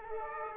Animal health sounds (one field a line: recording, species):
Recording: mosquito wingbeat signal from an infrared sensor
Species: Aedes aegypti